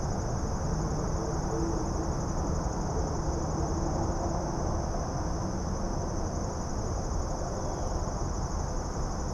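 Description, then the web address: Insects keep up an even, continuous high buzz for the whole stretch, accompanied by dense low-frequency rumble. Suburban setting, daytime ambience. "Suburban din day insects. boom library Urban and Suburban"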